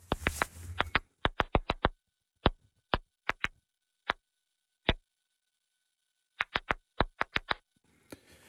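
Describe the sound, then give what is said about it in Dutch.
Sharp, dry clicks from a stressed plant, made as water in its water-transport system abruptly turns to gas and forms bubbles that pop. They come in irregular bursts and lone ticks with quiet gaps between, some two dozen in all, with no voices. “En wij hebben een audiofragment gevonden van een gestreste plant.”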